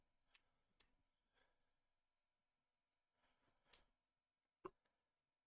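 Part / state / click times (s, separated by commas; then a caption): plastic model kit part into its mating socket / partly seated / 0.8 s, 3.7 s. A plastic model kit part is pushed repeatedly into its mating socket, giving sharp clicks at 0.8 s and 3.7 s, with fainter clicks and light handling around them. The part clicks each time but does not hold and stays loose, not secure, so gluing it in is considered.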